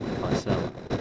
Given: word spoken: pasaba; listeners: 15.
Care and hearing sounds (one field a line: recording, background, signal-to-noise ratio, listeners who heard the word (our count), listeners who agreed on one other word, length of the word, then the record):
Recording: one Spanish word in noise, from a listening test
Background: noise modulated by three-talker babble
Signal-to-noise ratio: -5.1 dB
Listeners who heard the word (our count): 5 of 15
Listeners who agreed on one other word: 7 of 15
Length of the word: 0.61 s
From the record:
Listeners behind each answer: 7, 5, 1, 1, 1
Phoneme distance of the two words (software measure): 20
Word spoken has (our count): 3 syllables, 6 phonemes, stress on syllable 2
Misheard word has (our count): 3 syllables, 6 phonemes, stress on syllable 2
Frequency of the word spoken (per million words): 41.30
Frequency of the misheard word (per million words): 462.01